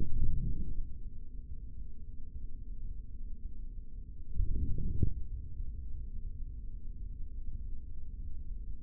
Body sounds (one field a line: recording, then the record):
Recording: forearm muscle sounds (acoustic myography)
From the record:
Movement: forearm pronation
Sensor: system 3, bracelet of six PUI Audio POM-2738L microphones around the upper forearm, with dedicated amplification and filtering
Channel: 2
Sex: male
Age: 25 years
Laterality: right